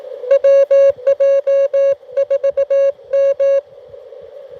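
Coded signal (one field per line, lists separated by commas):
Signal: Morse code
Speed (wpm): 18 wpm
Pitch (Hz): 550 Hz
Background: music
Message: WJ4M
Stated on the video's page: CW from a Parks on the Air activation at Fort Deseret, Utah.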